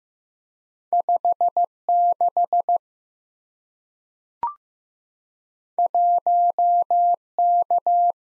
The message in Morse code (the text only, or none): 56 1K